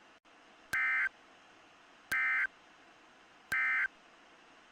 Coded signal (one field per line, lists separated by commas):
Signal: Emergency Alert System (SAME) tones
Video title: EAS Screen Showcase! (My Version)